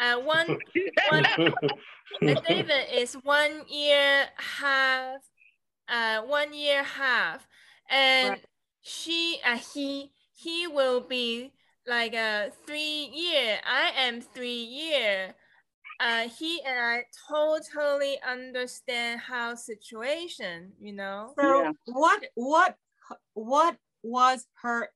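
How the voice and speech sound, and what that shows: A woman with aphasia after stroke speaks in halting, fragmented phrases with many pauses, repeated words ("one, one"), pronoun slips, and missing grammatical words such as "one year half." This is non-fluent, word-finding speech typical of aphasia, with communication that has become more direct and blunt.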